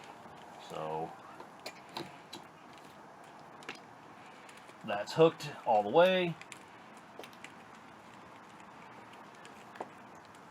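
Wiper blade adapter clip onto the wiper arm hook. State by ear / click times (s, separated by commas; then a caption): seated / 9.8 s. On a Ford Crown Vic, a new windshield wiper blade is hooked onto the J-hook of the driver-side wiper arm, and its plastic retaining clip is pushed onto the arm hook. Someone talks around 5 to 6 seconds, and faint short ticks and taps come through a low, steady background. The clip snaps and locks into place at about 9.8 seconds, seating the blade on the arm.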